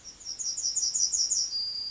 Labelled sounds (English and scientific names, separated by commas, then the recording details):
Yellowhammer (Emberiza citrinella) song
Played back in forest
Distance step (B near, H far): D
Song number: 042